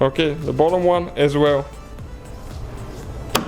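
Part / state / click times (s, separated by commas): gas trunk strut end socket onto trunk ball stud / seated / 3.4 s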